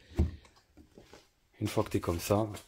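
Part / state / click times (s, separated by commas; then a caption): tail light housing into car body / not seated / none. A tail light housing on a RAV4 hybrid is lined up with its small locating stud guided into the hole in the car body and held in position before being pushed home. Faint handling noises are heard, then someone talks. Nothing has clicked or seated yet.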